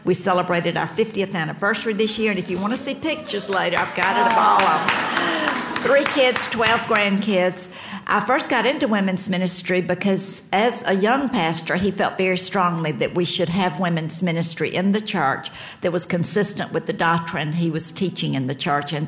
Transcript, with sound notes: We celebrated our fiftieth anniversary this year, and if you want to see pictures later, I've gathered up all of them. [applause] Three kids, twelve grandkids... I first got into women's ministry because, as a young pastor, my husband felt very strongly that we should have women's ministry in the church that was consistent with the doctrine he was teaching in the church.